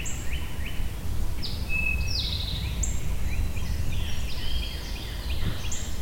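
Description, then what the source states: Birds singing over one another with falling whistles and quick chirps, plus a short thin tone, against a continuous low-frequency drone. Birds recorded at Shawnee.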